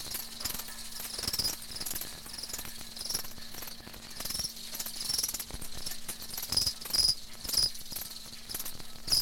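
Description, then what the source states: Crickets chirping in a continuous high trill, with frequent sharp clicks and tapping sounds throughout. Crickets kept in a wire cage.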